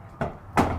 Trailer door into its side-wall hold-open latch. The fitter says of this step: pop into place on the side so if you wanted to drive with these open you can do so or